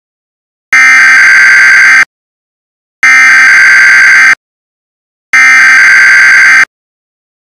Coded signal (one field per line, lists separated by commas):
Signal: Emergency Alert System (SAME) tones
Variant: header bursts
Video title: Halloween Nightmare (EAS Scenario)